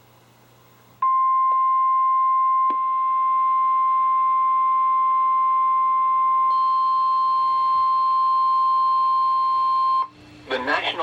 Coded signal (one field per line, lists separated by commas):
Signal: Emergency Alert System (SAME) tones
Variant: 1050 Hz attention tone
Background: speech